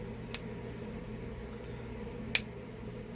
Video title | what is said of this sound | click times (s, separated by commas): HOW TO: Install the piston in RARE VINTAGE HUSQVARNA 266SE | That's not all the way in the groove. | 0.3 s, 2.4 s